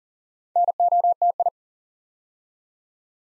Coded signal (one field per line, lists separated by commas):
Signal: Morse code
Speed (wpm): 42 wpm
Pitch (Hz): 700 Hz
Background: none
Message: NOTI